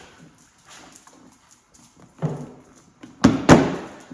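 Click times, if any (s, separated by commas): 3.2 s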